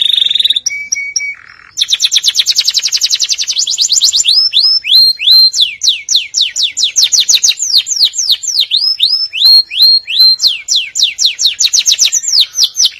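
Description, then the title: Atlantic canary song, loud and continuous: a few pure whistles, then a very fast rattling trill that turns into repeated curved, downslurred notes. "Kenari"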